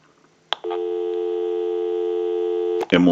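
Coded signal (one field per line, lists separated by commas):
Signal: telephone call progress tone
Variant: North America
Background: speech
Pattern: dial tone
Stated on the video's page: Tone heard on an Automatic Electric Monophone rotary telephone during its initial checkout and repair.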